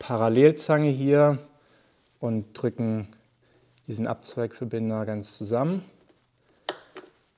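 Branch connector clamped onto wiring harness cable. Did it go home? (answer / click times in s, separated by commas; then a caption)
yes / 6.7 s. Someone talks, then parallel pliers squeeze a plastic insulation-displacement branch (tap) connector shut on the wiring harness cable of a 2024 Husqvarna FE350 motorcycle. A sharp snap at 6.7 s, followed by a fainter tick at 7.0 s, marks the connector closing and seating on the cable.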